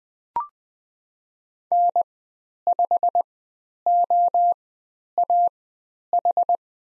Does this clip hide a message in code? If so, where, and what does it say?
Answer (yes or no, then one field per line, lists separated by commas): yes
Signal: Morse code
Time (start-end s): 1.7-6.6 s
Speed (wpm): 20 wpm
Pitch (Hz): 700 Hz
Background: none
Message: N5OAH